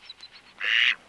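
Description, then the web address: Mallard quack: a single harsh, raspy quack lasting about a third of a second, preceded by a few faint short clicks or chips. Call on a sound chip for an electronic duck lure caller. "Кряква Germano. plurifon"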